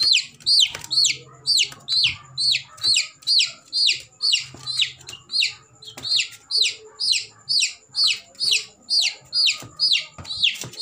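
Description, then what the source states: Chicken chick calling with piercing, descending peeps in a fast regular rhythm, about two each second, throughout; soft low humming in the background. Baby chick.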